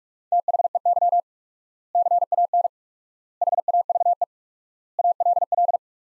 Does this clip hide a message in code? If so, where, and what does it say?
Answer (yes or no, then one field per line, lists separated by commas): yes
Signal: Morse code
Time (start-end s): 0.3-5.8 s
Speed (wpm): 46 wpm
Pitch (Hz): 700 Hz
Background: none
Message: THEY CAN HAVE ALL